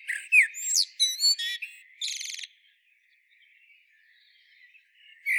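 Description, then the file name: Eurasian blackbird song phrase: a mellow whistle followed by quick, high, squeaky notes and a buzzy trill, then quiet before a new whistle begins. "Turdus merula"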